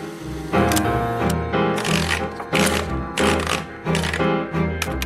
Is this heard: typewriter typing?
yes